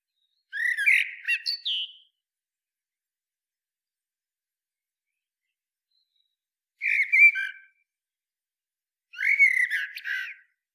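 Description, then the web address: Common blackbird singing three separate mellow warbled phrases with squeaky high notes, divided by long silences. "SETE Turdus merula"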